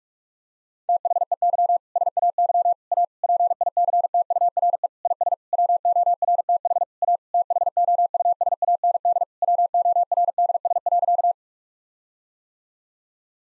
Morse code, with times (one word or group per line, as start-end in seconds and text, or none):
0.9-1.8 THEY
2.0-2.7 SAY
2.9-3.0 A
3.2-4.9 PICTURE
5.0-5.3 IS
5.5-6.8 WORTH
7.0-7.2 A
7.3-9.2 THOUSAND
9.4-11.3 WORDS.